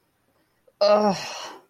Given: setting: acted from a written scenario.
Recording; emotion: vocal sound without words; shame